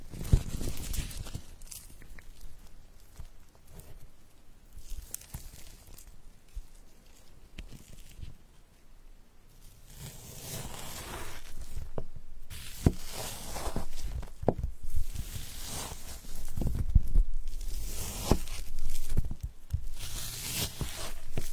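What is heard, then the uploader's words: Cheesecake being cut, with soft knocks and taps of a knife against a plate scattered throughout. The first half is quieter with sparse clicks; from about ten seconds on, louder scraping and rustling bursts come in uneven waves, with occasional sharper knocks. Cutting cheesecake.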